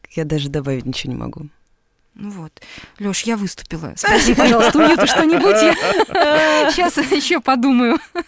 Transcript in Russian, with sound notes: Я даже добавить ничего не могу.
— Ну вот. Леш, я выступила. (Смеется.) Спроси, пожалуйста, у Юты что-нибудь, я сейчас еще подумаю!